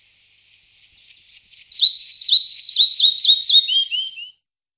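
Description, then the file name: Red-breasted flycatcher song: a run of many short, high, down-slurred notes that drops step by step in pitch toward the end, lasting about four seconds. "lejsek-malý"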